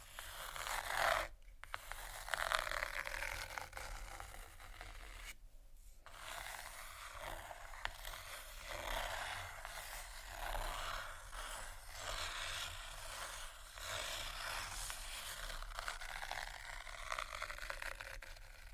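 Plastic is crinkled and scratched in a dense, steady rustle that fills the upper range, with slight swells and dips throughout. Two brief silences break it near the start, at about one and a half and five and a half seconds, before the scratchy texture runs on unbroken.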